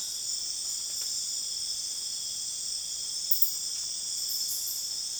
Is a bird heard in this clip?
no